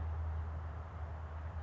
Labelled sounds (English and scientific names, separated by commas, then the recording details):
House Finch (Haemorhous mexicanus)
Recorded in Sonoma County, California